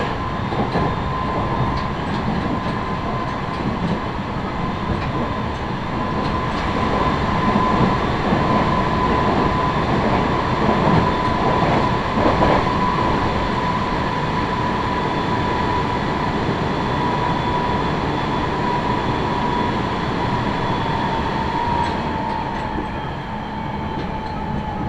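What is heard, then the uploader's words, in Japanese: A train runs with a dense, steady rumble of wheels and car noise that stays loud throughout. A thin electric whine from the motors holds a fairly constant mid-high pitch over the rumble, dipping slightly in the final few seconds. 名古屋鉄道 豊田線 猿投→梅坪→赤池。やってきたのは地下鉄の車両なので発車の時のＶＶＶＦ音が特徴的なのがわかります。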